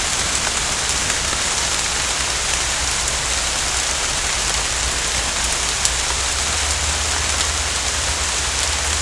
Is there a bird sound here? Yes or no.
no